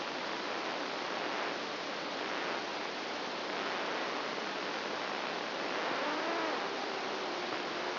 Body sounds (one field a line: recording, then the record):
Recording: brain microelectrode recording played as sound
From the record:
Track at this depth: outside the subthalamic nucleus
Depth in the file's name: -0.31 mm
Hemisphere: right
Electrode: 2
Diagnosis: Parkinson's disease